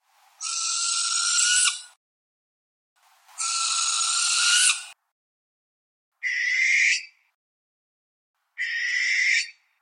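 Barn owl screech calls: four harsh, hissing screeches, two long ones of about one and a half seconds followed by two shorter ones, separated by silent gaps.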